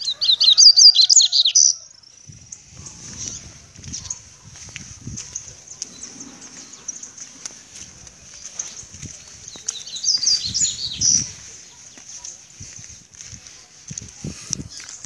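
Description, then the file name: Seedeater song: a brisk twittering phrase at the start and another near ten seconds, over a steady high hiss like insects and soft low rustling. "canto do papa capim"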